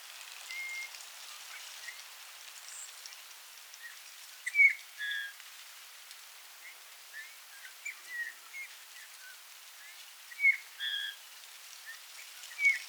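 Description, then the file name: Eurasian bullfinch calls: short, mellow piping whistles in small clusters, mostly in the second half, heard over a soft rain-like hiss. "Pyrrhula pyrrhula"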